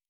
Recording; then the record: hydrophone in a shrimp aquaculture tank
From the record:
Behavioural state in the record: normal